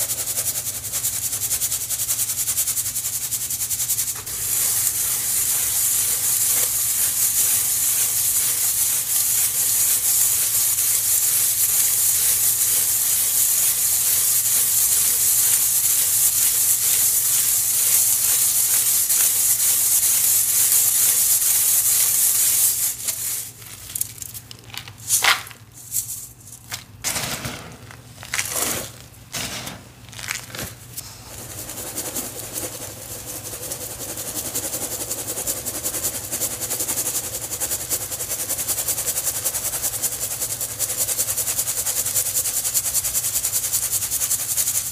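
Fine powder is sifted with a steady, bright, airy hiss that runs unbroken for about twenty seconds over a low constant hum. Around the middle, the hiss breaks into short stops and bursts, then returns softer and steadier to the end.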